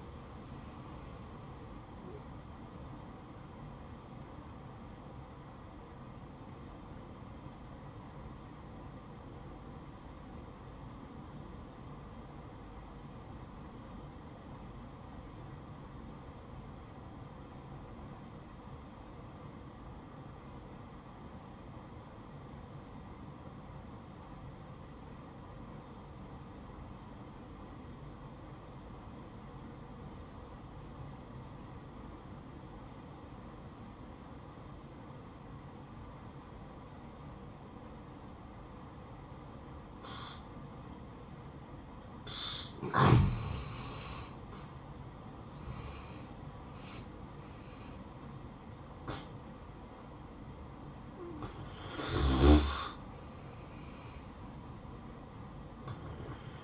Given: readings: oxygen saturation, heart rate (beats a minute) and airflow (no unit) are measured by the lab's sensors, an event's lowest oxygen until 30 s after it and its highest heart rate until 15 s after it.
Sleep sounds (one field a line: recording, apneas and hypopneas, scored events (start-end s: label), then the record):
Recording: breathing in sleep by a smartphone at the bedside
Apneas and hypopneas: 1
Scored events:
5.00-44.00 s: obstructive apnea (N2, oxygen 95% highest, then 84% lowest, heart rate 64 at the start, 69 highest)
5.00-56.64 s: new sleep stage, N1 (lightest sleep)
From the record:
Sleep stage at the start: N2 (light sleep)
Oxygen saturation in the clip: 85 to 95%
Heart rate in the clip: 58 to 73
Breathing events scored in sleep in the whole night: 573 in 9.8 hours asleep